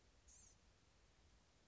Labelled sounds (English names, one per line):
Blue-gray Gnatcatcher